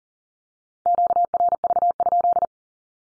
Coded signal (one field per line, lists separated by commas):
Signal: Morse code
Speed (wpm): 42 wpm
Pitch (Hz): 700 Hz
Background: none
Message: QRV?